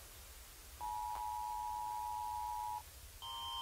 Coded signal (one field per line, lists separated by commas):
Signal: Emergency Alert System (SAME) tones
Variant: 853 and 960 Hz attention tone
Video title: Rating Different Countries EAS Alarms!